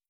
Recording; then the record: hydrophone in a shrimp aquaculture tank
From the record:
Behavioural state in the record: starved